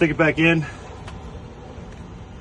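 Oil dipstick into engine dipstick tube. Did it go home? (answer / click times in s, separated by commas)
yes / 1.1 s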